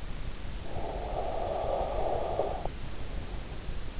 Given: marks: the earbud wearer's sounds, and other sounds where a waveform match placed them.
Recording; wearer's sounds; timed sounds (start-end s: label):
sounds in sleep by an in-ear microphone; breath
0.59-3.10 s: breath